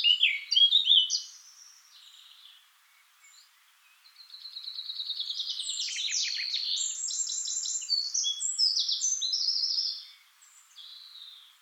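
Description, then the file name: Eurasian blackcap song: a brief loud opening phrase, a quiet gap, then a sustained fast warble of buzzy and whistled high notes, followed by a few faint notes. "Sylvia atricapilla"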